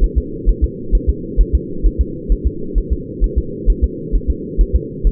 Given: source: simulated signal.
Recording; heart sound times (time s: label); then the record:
fetal heart sounds
0.04 s: S1
0.18 s: S2
0.49 s: S1
0.64 s: S2
0.95 s: S1
1.09 s: S2
1.41 s: S1
1.55 s: S2
1.86 s: S1
2.01 s: S2
2.32 s: S1
2.47 s: S2
2.78 s: S1
2.92 s: S2
3.24 s: S1
3.38 s: S2
3.70 s: S1
3.84 s: S2
4.15 s: S1
4.30 s: S2
4.61 s: S1
4.75 s: S2
5.07 s: S1
From the record:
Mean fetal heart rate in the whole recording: 130 bpm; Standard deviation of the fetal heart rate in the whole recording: 2 bpm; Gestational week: 36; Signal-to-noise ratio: -4.3 dB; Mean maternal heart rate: 72 bpm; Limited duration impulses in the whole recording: absent